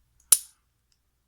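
A hammer on a .38 Special derringer pistol is pulled back fully to the half-cock catch and clicks into the half-cock notch at 0.3 s with a single sharp, bright metallic click that fades within about 0.2 s. Only faint ticks are heard around 0.2 s and 0.9 s. The hammer is set at a real half cock.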